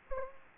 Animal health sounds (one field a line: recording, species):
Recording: mosquito wingbeat signal from an infrared sensor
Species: Anopheles gambiae